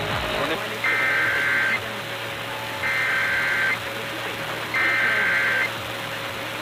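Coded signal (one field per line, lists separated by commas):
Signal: Emergency Alert System (SAME) tones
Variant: header bursts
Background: speech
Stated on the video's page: National EAS test received off broadcast radio WBAP-FM/AM 96.7/820 AM in Irving, Texas; the test failed, with multiple stations starting mid-test.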